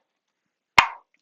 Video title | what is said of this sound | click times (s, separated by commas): This is Why I Believe Hybrid Holsters Are Awful - Active Self Protection Extra | the click this gun is not coming out of this until such time as you pull it | 0.8 s